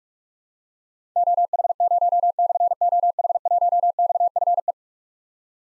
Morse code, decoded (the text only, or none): OH0/OH1XFE